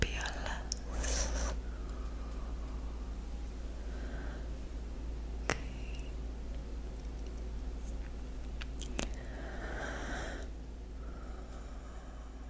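Soft breathy whispers come in brief bursts near the start and around ten seconds, with sharp plucking clicks between them over a steady low hum.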